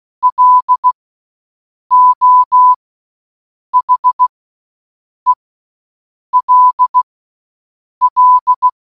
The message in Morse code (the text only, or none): LO HELL